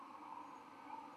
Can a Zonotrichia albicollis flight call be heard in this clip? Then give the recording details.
no. No flight call is heard. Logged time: 21:39 on 23 November 2014